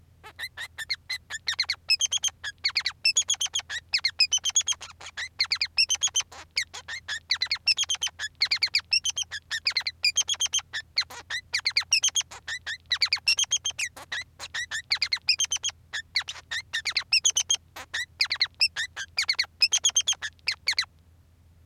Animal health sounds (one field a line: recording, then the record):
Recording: song of a male Bengalese finch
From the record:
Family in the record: son of father 3